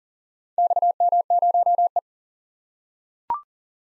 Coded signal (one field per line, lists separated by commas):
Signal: Morse code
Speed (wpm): 42 wpm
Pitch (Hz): 700 Hz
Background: none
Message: XM0E